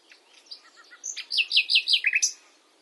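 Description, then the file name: Common nightingale song, a short phrase of soft notes building into several loud, descending, slurred notes repeated in quick succession. "Luscinia megarhynchos"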